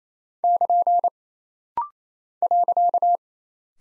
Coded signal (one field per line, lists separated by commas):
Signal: Morse code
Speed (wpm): 27 wpm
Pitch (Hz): 700 Hz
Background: none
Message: <KN> .